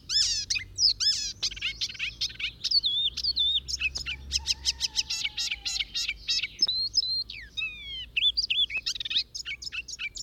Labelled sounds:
Icterine Warbler (Hippolais icterina) song

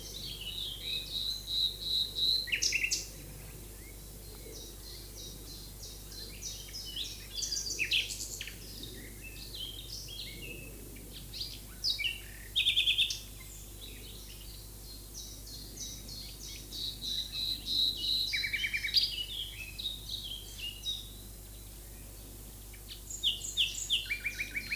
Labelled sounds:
Common Nightingale (Luscinia megarhynchos) song

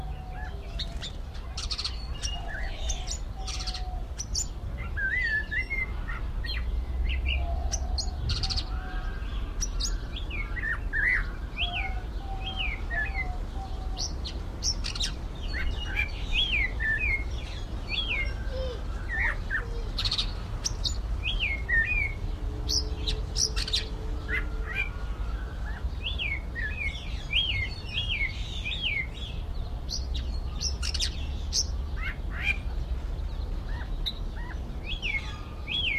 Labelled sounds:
Snowy-crowned Robin-Chat (Cossypha niveicapilla) song

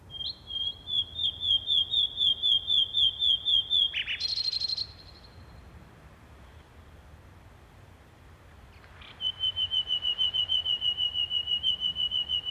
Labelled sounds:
Common Nightingale (Luscinia megarhynchos) song

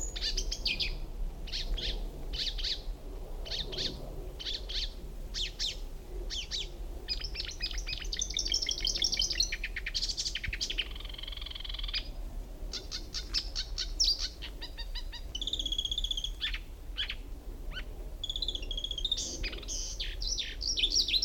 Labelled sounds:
Marsh Warbler (Acrocephalus palustris)

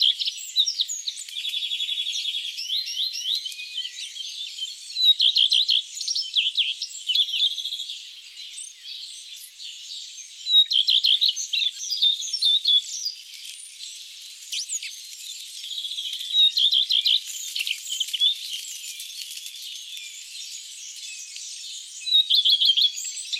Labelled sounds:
Common Redstart (Phoenicurus phoenicurus) song

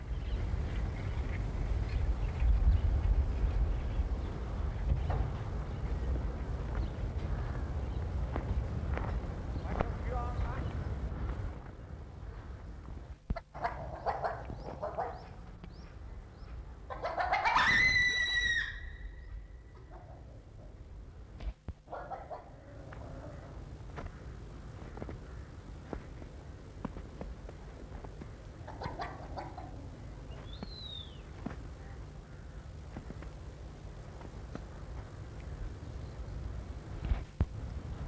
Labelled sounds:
Dhole (Cuon alpinus)

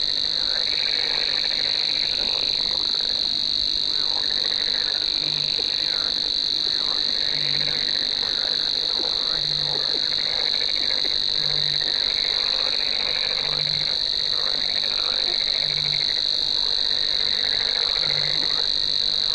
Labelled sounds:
Savi's Warbler (Locustella luscinioides) song

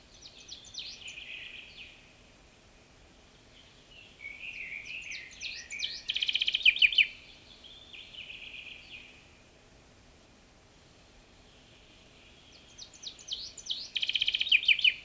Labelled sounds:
Common Chaffinch (Fringilla coelebs) song

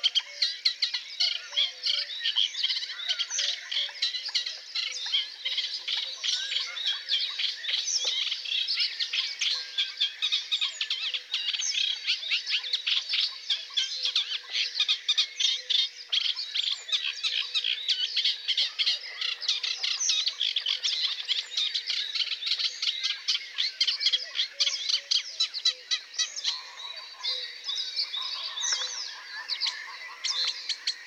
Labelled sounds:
Eurasian Reed Warbler (Acrocephalus scirpaceus) song

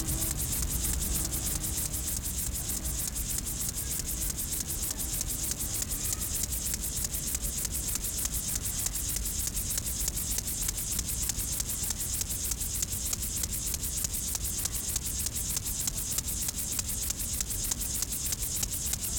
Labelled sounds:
Upland Field Grasshopper (Chorthippus apricarius) stridulation

